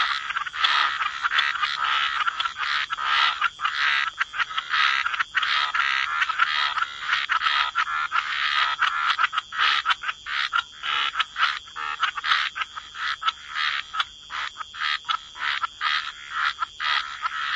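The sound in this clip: Frog chorus, a thick mass of overlapping grating croaks sustained without break, steady high hum beneath.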